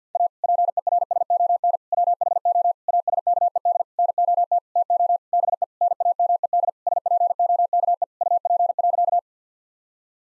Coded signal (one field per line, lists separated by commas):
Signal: Morse code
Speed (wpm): 50 wpm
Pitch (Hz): 700 Hz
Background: none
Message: A PERSON WHO ASKED NOT TO BE NAMED SPOKE UP.